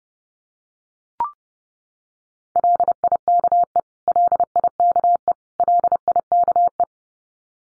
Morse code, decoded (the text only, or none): LIKE LIKE LIKE